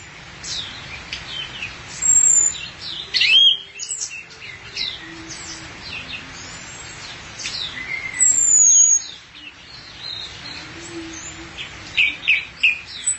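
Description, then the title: Thrush song in scattered bursts of high whistles and sharp chattering notes, separated by pauses, over a steady low background hiss. "burung anis x"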